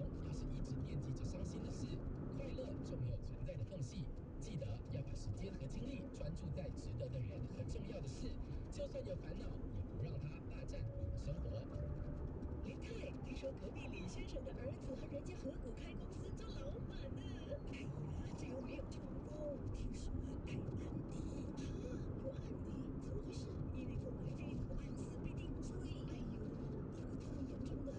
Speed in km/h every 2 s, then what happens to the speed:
84, 85, 86, 86, 84, 83, 80, 78, 75, 76, 75, 74, 75, 76.
0-7 steady at about 85. 7-19 slows to 75. 19-28 steady at about 75.